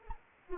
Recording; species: mosquito wingbeat signal from an infrared sensor; Anopheles arabiensis